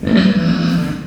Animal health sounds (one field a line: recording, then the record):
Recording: squeal of a Yucatan mini pig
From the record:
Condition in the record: after surgery on the right vocal fold (resection and tissue-engineered implant)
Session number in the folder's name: 10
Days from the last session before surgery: 86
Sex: female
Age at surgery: 19 weeks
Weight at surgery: 25 kg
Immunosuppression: prednisolone